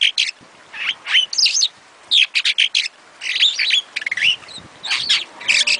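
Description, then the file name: Starling singing in rapid clusters of sharp chirps and short rising whistles, phrases separated by short gaps, steady and busy throughout. "suara-kicauan-jalak-afrika omkicau"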